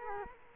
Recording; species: mosquito wingbeat signal from an infrared sensor; Culex quinquefasciatus